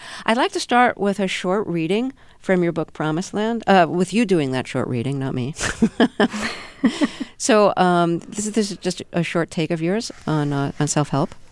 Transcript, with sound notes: I'd like to start with a short reading from your book "Promise Land" with you doing that short reading, not me. (LAUGHTER) So this is just a short take of yours on self-help.